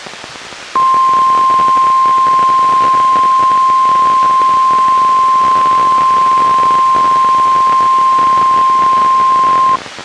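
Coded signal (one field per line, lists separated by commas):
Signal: Emergency Alert System (SAME) tones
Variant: 1050 Hz attention tone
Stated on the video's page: NWR required weekly test relayed by WXM62, recorded from a Reecom R-1630 weather radio through a Zoom H1 recorder.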